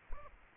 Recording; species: mosquito wingbeat signal from an infrared sensor; Aedes aegypti